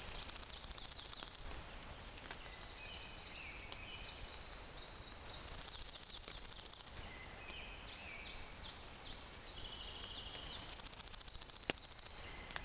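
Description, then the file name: Pale-legged leaf warbler singing a very high, dry, cricket-like trill, repeated three times at roughly five-second intervals. "warbler-pale-legged-leaf Phylloscopus-tenellipes"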